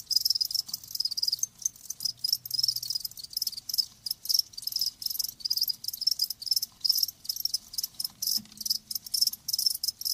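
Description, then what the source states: Dense cricket chirping, high and buzzy, pulsing rapidly and evenly from start to finish. Live crickets chirping.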